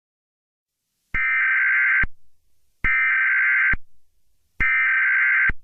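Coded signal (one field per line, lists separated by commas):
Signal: Emergency Alert System (SAME) tones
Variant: header bursts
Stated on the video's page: Fictional EAS scenario test.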